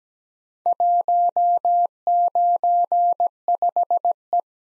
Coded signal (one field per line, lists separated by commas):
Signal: Morse code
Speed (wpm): 17 wpm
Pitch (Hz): 700 Hz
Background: none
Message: 195E